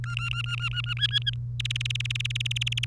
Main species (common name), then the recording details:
Domestic Canary. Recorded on 1 May 2018 at 06:08. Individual llb3